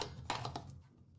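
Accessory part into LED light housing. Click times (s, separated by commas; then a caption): 0.3 s. A plastic accessory piece is pushed into its slot on a Falcon Eyes Sophiez 21-inch (54 cm) large LED light during unboxing. A short handling tap comes first, then a sharp click at 0.3 s and a softer tap near 0.45 s before the sound fades. The piece seats in its mount.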